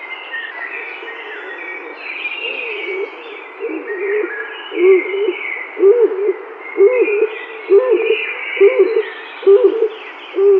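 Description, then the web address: Stock dove calling with low, hollow coos that grow stronger after a quieter start, repeated about once a second, with other birds twittering faintly behind. Male stock dove giving a display call. "Stock Dove male display"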